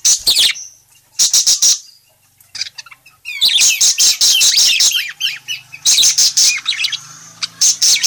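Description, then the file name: Parakeet chattering with quick buzzy chirp series and a few drawn-out whistled notes, growing denser in the second half. Parakeet described as gacor (very vocal, chatty), calling. "suara burung parkit gacor memanggil"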